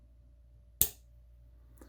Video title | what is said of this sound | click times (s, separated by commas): Planet Bike Tail Light Bracket | Once you hear the click, you know the tail light is fully installed. | 0.8 s